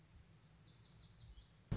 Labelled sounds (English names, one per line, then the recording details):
Lazuli Bunting
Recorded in Sonoma County, California